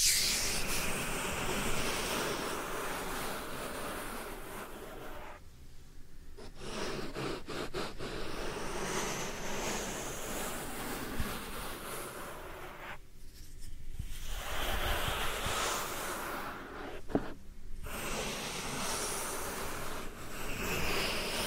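Soft powder ear massage: a dense, continuous rushing and rubbing that swells and eases like surf. The hiss thins out briefly around 6, 13 and 17 seconds, with a light tap near 17 seconds, then the steady brushing resumes.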